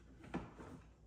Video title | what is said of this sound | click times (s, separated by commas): Building the Perfect Kitchen Island! | and watch this this thing just pops right into place | 0.3 s